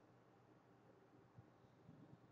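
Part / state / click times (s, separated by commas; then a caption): spacer wiring connector into steering wheel clock spring connector / not seated / none. A steering wheel spacer's wiring connector is matched and lined up with the clock spring connector on a Yaris GR during an OEM steering wheel spacer installation, before being pushed in. A steady low hiss fills the clip, with a few faint, soft low bumps around 1.4 s and 1.9 to 2.1 s. Nothing has clicked or seated yet.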